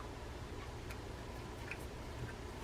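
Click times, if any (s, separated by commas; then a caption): none. A side plate cover is handled against the body of a Daiwa D1300 classic spinning fishing reel during servicing. Over a steady low hum, a few faint, short ticks are heard, but the cover has not snapped or seated yet.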